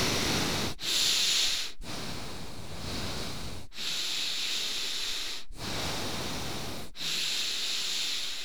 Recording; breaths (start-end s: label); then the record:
nose breathing near a microphone
0.00-0.71 s: exhalation
0.71-1.78 s: inhalation
1.78-3.66 s: exhalation
3.66-5.45 s: inhalation
5.45-6.89 s: exhalation
6.89-8.45 s: inhalation
From the record:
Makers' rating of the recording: medium